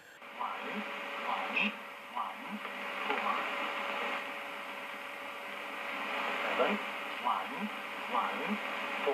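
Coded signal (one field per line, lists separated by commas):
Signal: numbers station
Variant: E07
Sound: faint, evenly spaced short spoken words, likely numbers, under hissing shortwave static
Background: radio static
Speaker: C'était E07. Une station qui fait partie du réseau russe, ou plus précisément d'un réseau russe.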